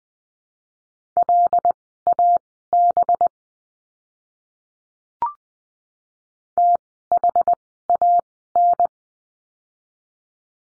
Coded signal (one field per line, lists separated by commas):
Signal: Morse code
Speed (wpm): 20 wpm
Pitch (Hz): 700 Hz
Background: none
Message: LAB THAN